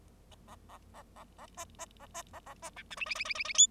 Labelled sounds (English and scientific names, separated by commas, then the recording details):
Bengalese Finch (Lonchura striata domestica) song
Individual Bird0